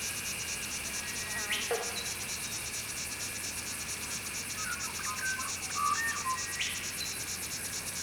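Squeaker frogs calling with brief, high, clicking chirps and a handful of short tonal notes, set against a continuous throbbing chorus of insects.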